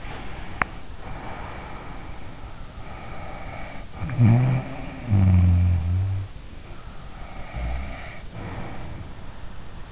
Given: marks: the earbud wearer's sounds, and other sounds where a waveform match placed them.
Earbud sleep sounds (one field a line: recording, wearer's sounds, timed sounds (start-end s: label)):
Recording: sounds in sleep by an in-ear microphone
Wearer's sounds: breath, snoring breath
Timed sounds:
0.00-2.49 s: breath
2.63-6.46 s: snoring breath
6.58-9.73 s: snoring breath